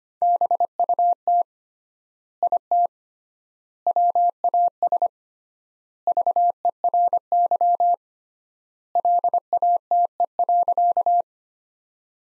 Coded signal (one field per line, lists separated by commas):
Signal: Morse code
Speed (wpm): 25 wpm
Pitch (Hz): 700 Hz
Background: none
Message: BUT IT WAS VERY LATE.